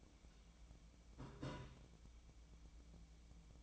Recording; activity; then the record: daily activity, microphone in the room; take from stove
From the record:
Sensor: 1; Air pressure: 1010.0 hPa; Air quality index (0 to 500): 186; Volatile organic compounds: 16 ppm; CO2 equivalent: 2557 ppm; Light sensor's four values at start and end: 39/100/42/51 and 39/101/42/51